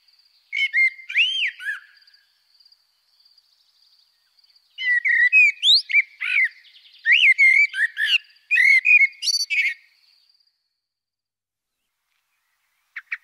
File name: Merle Et Merle Au Ralenti Merle noir 20250912083845